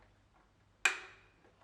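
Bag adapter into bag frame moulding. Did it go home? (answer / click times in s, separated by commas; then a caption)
yes / 0.9 s. A plastic bag adapter is pressed firmly into the plastic moulding of a bag frame. One sharp, bright click is heard at 0.9 s and rings off briefly over a quiet background. The click shows the adapter is locked in position.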